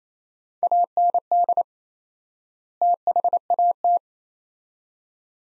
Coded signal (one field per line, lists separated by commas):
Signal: Morse code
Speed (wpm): 27 wpm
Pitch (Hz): 700 Hz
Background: none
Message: AND THAT